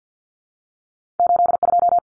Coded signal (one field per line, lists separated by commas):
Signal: Morse code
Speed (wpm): 50 wpm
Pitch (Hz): 700 Hz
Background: none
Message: 82